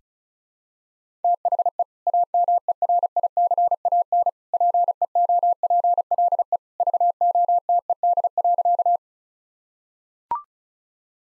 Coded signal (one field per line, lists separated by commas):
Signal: Morse code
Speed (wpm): 36 wpm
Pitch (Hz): 700 Hz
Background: none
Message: THE AMERICAN PEOPLE VOTED.